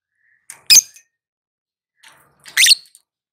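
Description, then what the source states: Lovebird calls: two loud, harsh, squawky chirps about two seconds apart, each with faint softer notes around it. Lovebird singing in the ngetik (ticking) style and a long ngekek trill.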